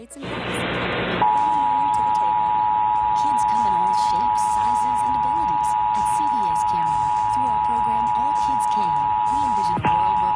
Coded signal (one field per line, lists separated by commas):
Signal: Emergency Alert System (SAME) tones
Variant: 853 and 960 Hz attention tone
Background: speech, music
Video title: Pbs kids eas